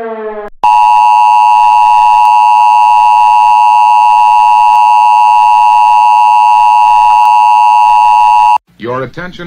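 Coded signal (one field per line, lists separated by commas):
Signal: Emergency Alert System (SAME) tones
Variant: 853 and 960 Hz attention tone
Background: speech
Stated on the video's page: Fictional 1960s-style EAS scenario of a nuclear attack on Colombia.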